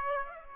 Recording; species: mosquito wingbeat signal from an infrared sensor; Aedes aegypti